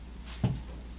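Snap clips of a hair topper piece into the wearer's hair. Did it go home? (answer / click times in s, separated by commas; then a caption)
no / none. Someone handles the two back pressure clips of a hair topper, about to snap them into her own hair after the two front clips are already in. A steady low hum runs throughout, with a faint hiss near 0.3 s and a brief, louder rustling bump around 0.45 s. Nothing has clicked or seated yet.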